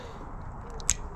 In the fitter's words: you then know that it clicks in place, you know you've done that up properly.